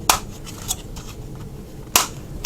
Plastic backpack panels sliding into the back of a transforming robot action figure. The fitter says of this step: Very heavily click into place.